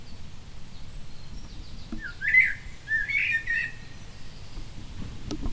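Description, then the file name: Common blackbird calls: one short burst of sharp, chirping notes in the middle, otherwise quiet low background rumble. "Turdus merula"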